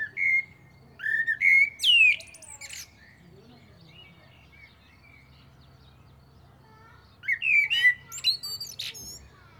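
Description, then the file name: Common blackbird song: low whistled notes ending in shrill squeaks. After a long pause, a second phrase of warbling and high twittering follows. "Turdus merula"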